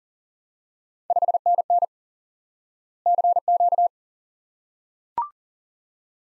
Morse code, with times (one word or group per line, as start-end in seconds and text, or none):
1.1-1.9 5NN
3.1-3.9 CQ